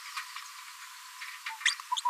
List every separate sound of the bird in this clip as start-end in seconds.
1.65-1.74, 1.97-2.01